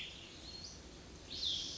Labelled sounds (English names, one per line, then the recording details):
Cassin's Vireo
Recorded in Sonoma County, California